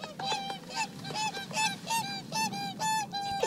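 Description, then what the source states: Swan honking: nasal, trumpeting honks of steady pitch, repeated about twice a second. Played example; a water bird with webbed feet that spends much time in the water, like the duck.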